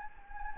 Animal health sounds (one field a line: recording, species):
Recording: mosquito wingbeat signal from an infrared sensor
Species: Anopheles gambiae